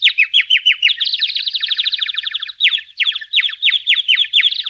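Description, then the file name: Bird song made of rapid, repeated high chirps in dense trills, with brief pauses between bursts and a busy, continuous chatter. "Le Chant Des Oiseaux"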